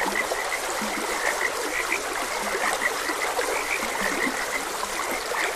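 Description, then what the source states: Chorus of croaking frogs, bright clicks repeating every fraction of a second, a few deeper croaks between, and flowing water hissing beneath. Frogs croaking beside a gentle stream.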